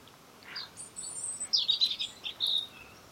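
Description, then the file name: European robin singing a high, tinkling phrase of varied twitters and trills. "Erithacus rubecula"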